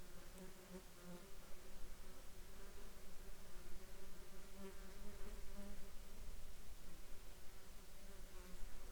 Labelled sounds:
insects

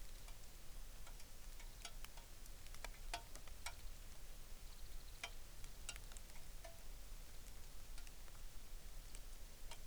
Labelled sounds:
songbird, rain

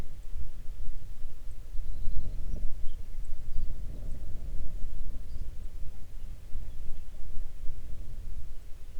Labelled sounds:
bird, wind

